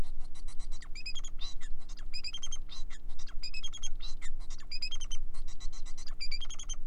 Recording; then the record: song of a male Bengalese finch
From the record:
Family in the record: son of father 4